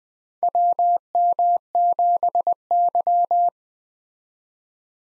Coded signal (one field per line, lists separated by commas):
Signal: Morse code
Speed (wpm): 20 wpm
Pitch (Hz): 700 Hz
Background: none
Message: WM7Y